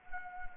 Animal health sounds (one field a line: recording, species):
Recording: mosquito wingbeat signal from an infrared sensor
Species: Anopheles gambiae